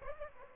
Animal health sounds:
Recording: mosquito wingbeat signal from an infrared sensor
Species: Aedes aegypti

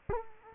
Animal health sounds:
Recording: mosquito wingbeat signal from an infrared sensor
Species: Culex quinquefasciatus

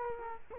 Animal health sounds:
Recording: mosquito wingbeat signal from an infrared sensor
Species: Culex quinquefasciatus

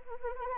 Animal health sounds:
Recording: mosquito wingbeat signal from an infrared sensor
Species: Anopheles arabiensis

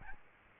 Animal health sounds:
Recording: mosquito wingbeat signal from an infrared sensor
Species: Aedes albopictus

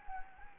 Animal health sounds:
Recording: mosquito wingbeat signal from an infrared sensor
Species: Anopheles gambiae

